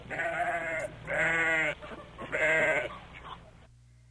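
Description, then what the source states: Sheep bleating in three long quavering calls, each under a second, close together, followed by quieter trailing sounds and then near silence. Lamb bleating, with sheep in the background.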